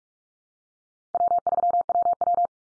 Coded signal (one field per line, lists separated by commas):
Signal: Morse code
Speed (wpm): 47 wpm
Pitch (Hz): 700 Hz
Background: none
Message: W3WW